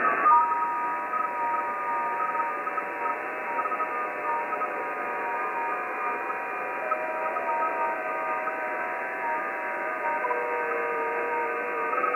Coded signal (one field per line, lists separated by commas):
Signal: FT8